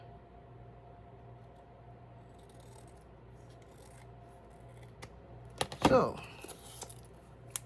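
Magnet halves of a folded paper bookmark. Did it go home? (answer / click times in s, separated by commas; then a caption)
yes / 7.6 s. Someone talks briefly over a quiet, low hum, followed by a burst of handling and rustling around 5.6–6.0 s as a trimmed cardboard magnetic bookmark is folded closed. Its two magnet halves snap together with a short, sharp click at 7.6 s, and the bookmark still works.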